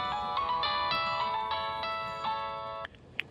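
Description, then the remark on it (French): A woman's mobile phone ringtone plays a bright, stepping electronic melody of sustained harmonic tones, changing pitch every few beats, then cuts off abruptly, followed by a short click. “La conversation atteint la chaleur d'une locomotive lancée à pleine vitesse, mais elle est interrompue par la sonnerie du téléphone portable de la dame.”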